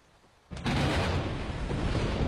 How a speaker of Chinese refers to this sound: 哗啦一道闪电，轰隆隆的雷鸣声，加上狂风大作，乌云压顶